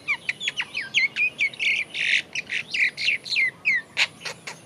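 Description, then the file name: Great myna calls: rapid harsh notes mixed with short downslurred whistles, repeated in a steady chattering stream of about four per second. "Acridotheres grandis"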